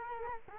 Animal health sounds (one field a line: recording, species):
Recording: mosquito wingbeat signal from an infrared sensor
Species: Culex quinquefasciatus